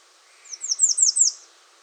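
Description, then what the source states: American redstart song: five high, thin downslurred notes, growing louder, delivered quickly in just under a second. Recorded 21 June 2019.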